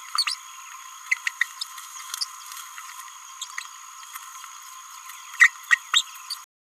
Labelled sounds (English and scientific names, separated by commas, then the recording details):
Green-rumped Parrotlet (Forpus passerinus) babbling
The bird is a male
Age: 29 days
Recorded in a nest box in Venezuela
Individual 17B31A1